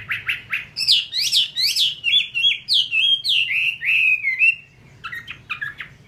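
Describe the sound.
Chinese hwamei song, fast rhythmic whistled notes sweeping up and down, slowing into a descending series, then brief quieter notes.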